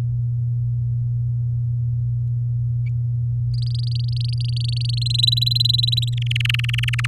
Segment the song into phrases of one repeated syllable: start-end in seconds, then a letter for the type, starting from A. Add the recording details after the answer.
3.54-5.03 A, 5.06-6.09 B, 6.12-7.06 C. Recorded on 10 May 2018 at 16:46. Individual llb16